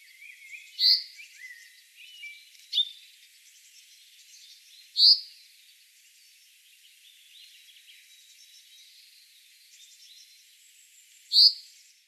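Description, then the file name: Common chaffinch calls: several short, sharp, high notes spaced irregularly, with faint twittering in the background. "Fringilla coelebs"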